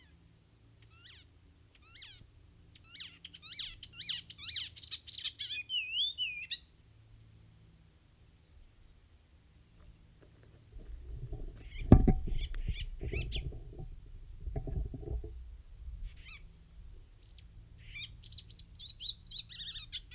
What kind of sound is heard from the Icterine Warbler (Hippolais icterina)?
song